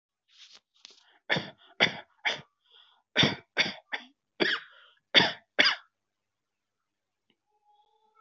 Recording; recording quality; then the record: shallow voluntary cough; excellent, no background noise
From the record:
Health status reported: healthy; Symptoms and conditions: none ticked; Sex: male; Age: 42 years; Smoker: not ticked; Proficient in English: yes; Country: India